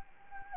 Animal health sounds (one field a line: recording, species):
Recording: mosquito wingbeat signal from an infrared sensor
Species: Anopheles gambiae